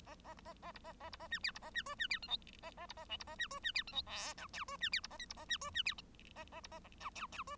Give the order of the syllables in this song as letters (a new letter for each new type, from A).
A A B A A B A C D B A C E C D F G A A B A H B A C E C D F G I J K E C D B A L B A C E C D A A B A J K K E